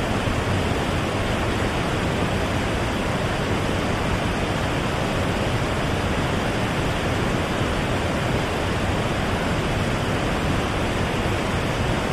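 Steady pink noise fills the whole twelve seconds, a dense, even hiss with a full, rounded low end rather than a thin sizzle. Nothing changes in level or texture; there are no events, gaps or background sounds, just one unbroken rushing wash.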